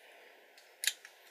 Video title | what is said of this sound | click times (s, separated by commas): SOC GX-60 GodSigma Review ( Bandai Soul of Chogokin God Sigma ) | again that's locked in | 0.9 s